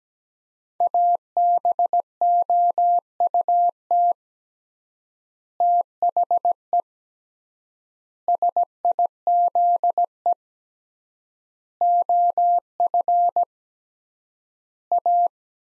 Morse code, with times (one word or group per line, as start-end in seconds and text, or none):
0.8-4.1 ABOUT
5.6-6.8 THE
8.3-10.3 SIZE
11.8-13.4 OF
14.9-15.3 A